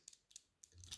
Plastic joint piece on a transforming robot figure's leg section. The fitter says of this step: is you're gonna click there we are and then you get this bit and then you push that up like so